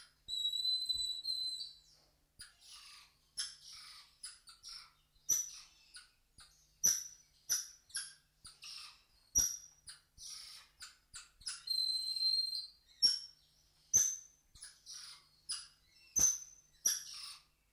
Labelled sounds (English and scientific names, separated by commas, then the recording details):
Golden Lion Tamarin (Leontopithecus rosalia) call
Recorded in captivity
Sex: male
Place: Zoo Magdeburg, Sachsen-Anhalt, DE
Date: 1989-05-12 12:22
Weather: bedeckt, z.T. Regen, 12°C
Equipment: Sony WM-D6C, Kopie 19 cm
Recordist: Tembrock, Günter
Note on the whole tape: Einzelnes Männchen: diverse Laute